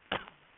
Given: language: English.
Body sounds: throat vibration sensor signal played as sound; cough

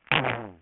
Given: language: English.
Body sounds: throat vibration sensor signal played as sound; throat clearing

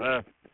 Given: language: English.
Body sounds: throat vibration sensor signal played as sound; speech

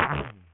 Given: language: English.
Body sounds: throat vibration sensor signal played as sound; throat clearing

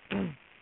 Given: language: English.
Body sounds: throat vibration sensor signal played as sound; throat clearing

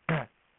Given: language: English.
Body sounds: throat vibration sensor signal played as sound; throat clearing

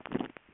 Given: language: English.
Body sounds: throat vibration sensor signal played as sound; swallow

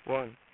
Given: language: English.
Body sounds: throat vibration sensor signal played as sound; speech

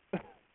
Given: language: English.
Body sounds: throat vibration sensor signal played as sound; cough

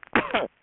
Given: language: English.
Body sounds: throat vibration sensor signal played as sound; cough

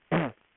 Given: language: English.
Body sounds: throat vibration sensor signal played as sound; throat clearing

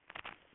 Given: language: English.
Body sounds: throat vibration sensor signal played as sound; swallow

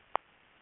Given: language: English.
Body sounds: throat vibration sensor signal played as sound; swallow

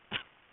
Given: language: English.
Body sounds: throat vibration sensor signal played as sound; cough

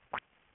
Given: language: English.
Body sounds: throat vibration sensor signal played as sound; swallow

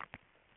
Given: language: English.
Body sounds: throat vibration sensor signal played as sound; swallow

